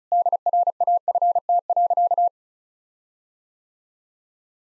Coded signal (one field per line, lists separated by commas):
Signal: Morse code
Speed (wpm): 36 wpm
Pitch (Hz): 700 Hz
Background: none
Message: DRAFT.